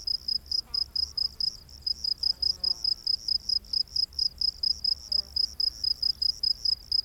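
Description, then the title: Cricket chirps pulsing high and regular, with a few faint sounds in the background. Crickets recorded during the day. "grillos de dia"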